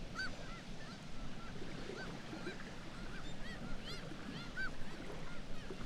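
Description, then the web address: Black-legged kittiwake calls: short, arched cries repeated by several birds over a low continuous rumble. "sound Black-legged-kittiwake. صدای-پرنده-کاکایی-پاسیاه"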